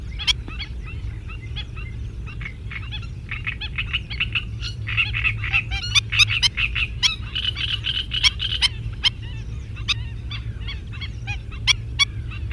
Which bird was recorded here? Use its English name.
Black-winged Stilt